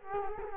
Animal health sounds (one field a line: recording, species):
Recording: mosquito wingbeat signal from an infrared sensor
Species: Culex quinquefasciatus